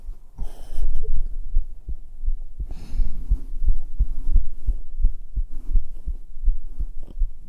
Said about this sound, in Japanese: 心音激しいのがいいの？じゃあ女がもっとドキドキできるように、ドキドキさせるようなこと言ってよねえ。